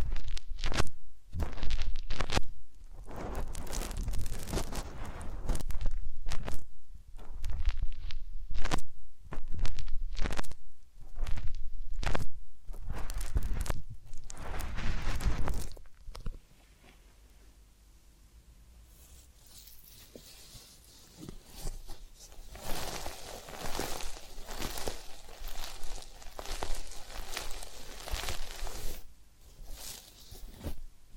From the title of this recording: Massage, Ear Cleaning and Spa